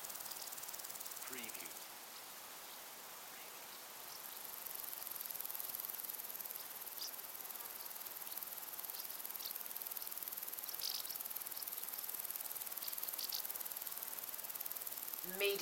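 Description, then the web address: Crickets make a high, steady shimmer that drops out briefly early on and returns strongly from about four seconds, with a few brief higher calls. Crickets and other insects in long grass on a windy day. "beanstalk-audio Crickets and insects in windy long grass"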